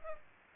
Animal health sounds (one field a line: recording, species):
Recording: mosquito wingbeat signal from an infrared sensor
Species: Aedes aegypti